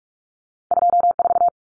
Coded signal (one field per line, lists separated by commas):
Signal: Morse code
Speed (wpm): 44 wpm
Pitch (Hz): 700 Hz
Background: none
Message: 24